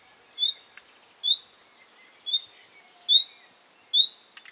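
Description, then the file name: Common nightingale calling with five sharp, high whistled notes spaced about a second apart, with faint soft chirps in between. "Luscinia megarhynchos"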